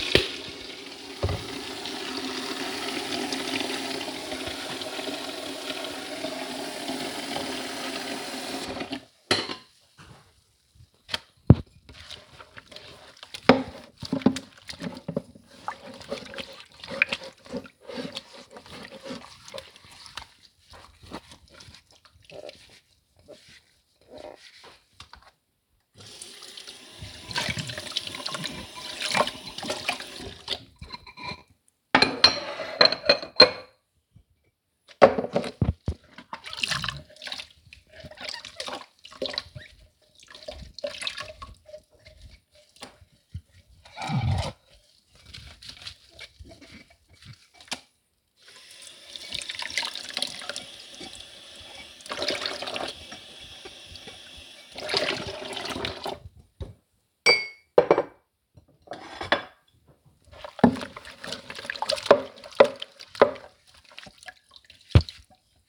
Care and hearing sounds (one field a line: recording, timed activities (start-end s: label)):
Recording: household activities, microphone on the right wrist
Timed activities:
0.00-65.69 s: washing dishes